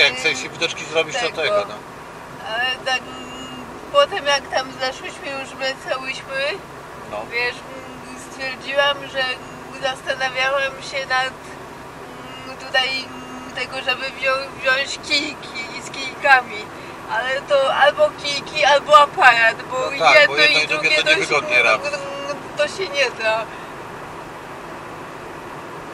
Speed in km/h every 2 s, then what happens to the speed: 68, 66, 66, 66, 66, 67, 68, 70, 75, 78, 81, 80, 80.
0-11 steady at about 66. 11-20 speeds up to 81. 20-26 steady at about 80.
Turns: none.